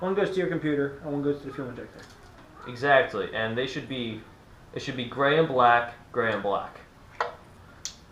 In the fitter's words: there you go sound like it didn't it yeah you heard heard a nice click after you connect the fuel injectors in here